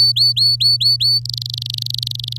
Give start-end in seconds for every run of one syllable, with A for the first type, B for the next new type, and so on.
0.00-1.20 A, 1.25-2.37 B